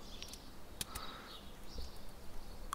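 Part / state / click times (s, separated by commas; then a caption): flat ribbon cable into power frunk wiring connector / seated / 2.7 s. A small flat ribbon cable, already routed through a plastic end piece, is pushed into its wiring connector on a Hansshow Power Frunk kit for a Tesla Model 3. Faint rustling and a few light ticks come over a low background. A sharp click at 2.7 s marks the connector clipping fully into place.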